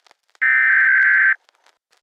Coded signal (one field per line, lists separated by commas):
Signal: Emergency Alert System (SAME) tones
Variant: header bursts